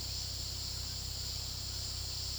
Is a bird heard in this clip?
no